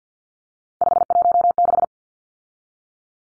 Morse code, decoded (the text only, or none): 516